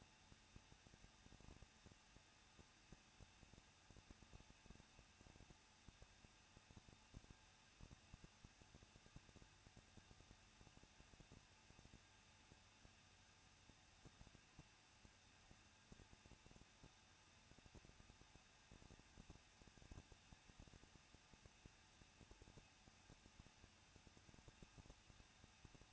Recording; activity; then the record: daily activity, microphone in the room; no activity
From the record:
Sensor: 2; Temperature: 21.0 degrees Celsius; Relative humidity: 37.3%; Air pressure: 1006.3 hPa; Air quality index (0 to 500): 220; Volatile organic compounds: 23 ppm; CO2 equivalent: 2784 ppm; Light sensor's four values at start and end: 2/3/2/2 and 2/3/2/2